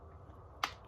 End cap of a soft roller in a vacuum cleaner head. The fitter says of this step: you hear that little click and then you can push this part up